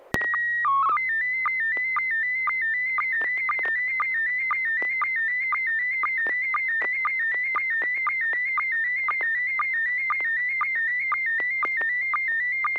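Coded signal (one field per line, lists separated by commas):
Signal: SSTV (slow-scan television)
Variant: PD 120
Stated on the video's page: SSTV net on an FM repeater on 441.300 MHz, sent with MMSSTV software.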